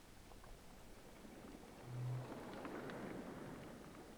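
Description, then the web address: Rorqual whale call, a short low steady tone lasting about half a second, heard over constant underwater hiss. Recorded off Norway on 16 December 2022 at 03:16. "college France rorqual Norvege"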